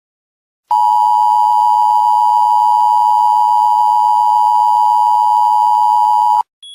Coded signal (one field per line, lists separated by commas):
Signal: Emergency Alert System (SAME) tones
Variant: 853 and 960 Hz attention tone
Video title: The L I G H T S: EAS scenario ￼